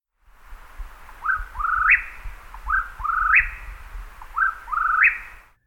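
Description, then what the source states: Mexican whip-poor-will singing three quick phrases, each a short note followed by a burry, trilled rising whistle, repeated about every one and a half seconds, with low rumble beneath. Song has a little more of a trill than the Eastern whip-poor-will's.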